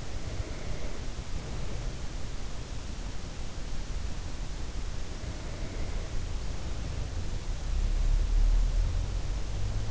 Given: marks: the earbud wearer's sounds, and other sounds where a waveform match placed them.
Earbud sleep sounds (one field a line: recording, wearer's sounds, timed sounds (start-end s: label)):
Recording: sounds in sleep by an in-ear microphone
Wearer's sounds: breath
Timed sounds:
0.00-2.29 s: breath
5.26-7.27 s: breath